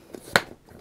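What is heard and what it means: A spring-loaded dump valve cap is refitted into the BCD bladder port, lined up and turned backwards until its thread start drops in with a single sharp click at 0.4 s. A faint tick comes just before, and the cap has seated on its thread start.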